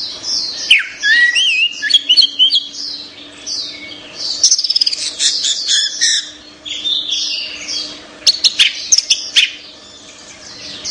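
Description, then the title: Orange-headed thrush giving a lively, jumbled song of rapid chirps, trills and whistles in bursts, with a faint steady tone in the background. "Anis Merah"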